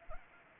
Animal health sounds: mosquito wingbeat signal from an infrared sensor; Anopheles arabiensis

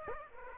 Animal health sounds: mosquito wingbeat signal from an infrared sensor; Aedes aegypti

